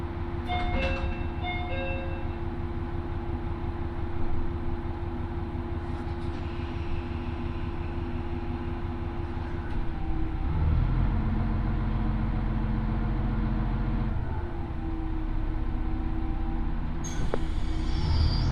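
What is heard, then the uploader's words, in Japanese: A morning train pulls out on the Oigan line, its engine a steady low drone that shifts pitch midway, with brief chimes early on and a clatter near the end. 耳で楽しむ鉄道旅 大糸線 糸魚川→平岩。糸魚川を出る大糸線の始発列車で南小谷へと向かいます。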